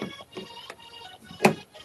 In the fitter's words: there we go I don't know if you guys heard that but I want to hear that snap to conf confirm